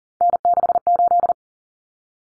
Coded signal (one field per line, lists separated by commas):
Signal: Morse code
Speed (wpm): 40 wpm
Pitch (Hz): 700 Hz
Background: none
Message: N68